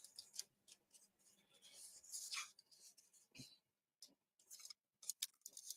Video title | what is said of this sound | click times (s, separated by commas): Ep7 Agora 1/18th Mitsubishi A6M Zero | this is not glued there we go it it's a nice big solid click | 5.2 s